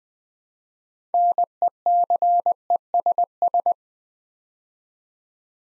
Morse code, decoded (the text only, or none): NECESS